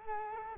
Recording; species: mosquito wingbeat signal from an infrared sensor; Culex quinquefasciatus